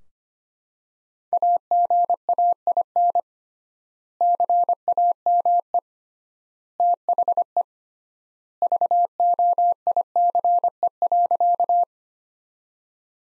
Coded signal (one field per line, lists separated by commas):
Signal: Morse code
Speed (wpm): 25 wpm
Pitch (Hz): 700 Hz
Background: none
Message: AGAIN CAME THE VOICE.